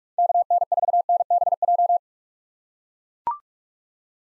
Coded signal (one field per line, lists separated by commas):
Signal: Morse code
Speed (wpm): 42 wpm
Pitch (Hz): 700 Hz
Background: none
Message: KN4NBJ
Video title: 2023 POTA Activator Call Signs - 45wpm